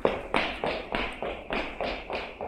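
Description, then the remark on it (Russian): Heavy footsteps thud along a corridor in a quick, steady rhythm, about eight dull, booming strides in a row with no voices. “По коридорам загромыхали шаги.”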